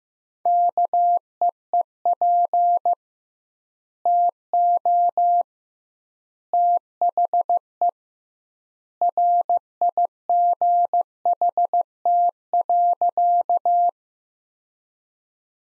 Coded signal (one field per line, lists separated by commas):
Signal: Morse code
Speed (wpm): 15 wpm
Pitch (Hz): 700 Hz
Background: none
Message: KEEP TO THE RIGHT.